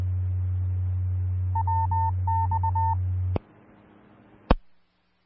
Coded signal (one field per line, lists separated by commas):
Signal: Morse code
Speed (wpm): 20 wpm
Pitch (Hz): 900 Hz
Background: none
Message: WX E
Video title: 2013-08-03 - Denver Area Skywarn Repeater 146.940 Mhz